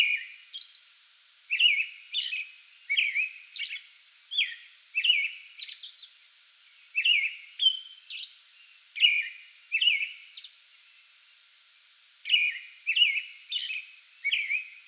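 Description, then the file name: American robin delivering a steady bout of short whistled caroling phrases with brief pauses between them. Pre-dawn song bout recorded on 8 May 2022. "2022-05-08 American Robin pre-dawn song bout"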